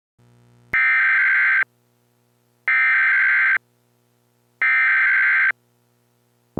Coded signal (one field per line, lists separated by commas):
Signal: Emergency Alert System (SAME) tones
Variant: header bursts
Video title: The Enigma Part 1: An EAS Mock Scenario